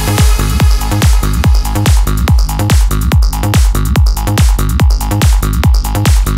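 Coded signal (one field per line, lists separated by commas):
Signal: none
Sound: music synth beeps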